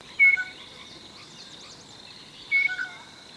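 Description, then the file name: Blue jay calls: two brief clear whistled notes about two seconds apart, over a steady high hum. "SOJKA GOLUBAYA"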